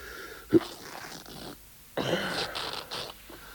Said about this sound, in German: Mann, was produzieren die jetzt nur für einen Stoff? Reißt wie Papier.